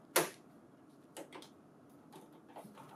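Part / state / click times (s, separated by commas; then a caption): plastic cover on a printer-mounted stapler / not seated / none. The plastic cover of a convenience stapler mounted on a printer is being handled and fitted back on, with a sharp plastic tick near 0.2 s, a softer knock around 1.2 s, faint rustling, and another sharp hit right at the end. Nothing has seated or clicked into place yet.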